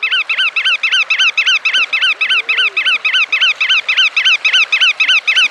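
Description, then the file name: Bar-tailed godwit calls, nasal repeated notes at a fast, very even rhythm of about three to four a second throughout, with a faint lower whistle midway. "myrspov"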